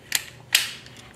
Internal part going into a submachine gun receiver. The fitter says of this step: in it locks in place now you're you're totally locked in place